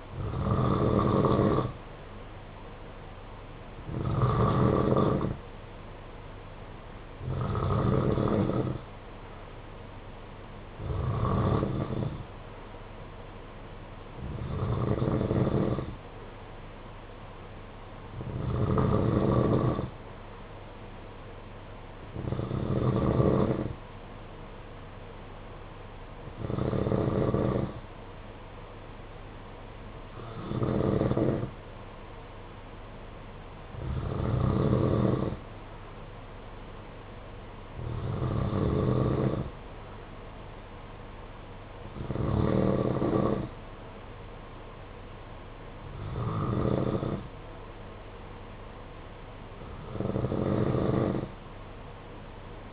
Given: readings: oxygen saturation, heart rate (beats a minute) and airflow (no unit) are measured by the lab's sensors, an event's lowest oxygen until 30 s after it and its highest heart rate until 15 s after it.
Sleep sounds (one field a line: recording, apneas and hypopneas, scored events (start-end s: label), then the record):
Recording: breathing in sleep by a voice recorder at the bedside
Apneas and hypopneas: none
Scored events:
none scored
From the record:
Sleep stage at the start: N2 (light sleep)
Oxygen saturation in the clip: 92 to 93%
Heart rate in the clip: 51 to 59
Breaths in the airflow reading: 14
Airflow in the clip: -9.3 to 5.4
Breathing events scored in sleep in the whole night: 476 in 9.7 hours asleep